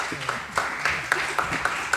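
Applause from a small group: steady, evenly spaced claps with sharp bright attacks over a soft hiss, at moderate loudness, with no voices heard.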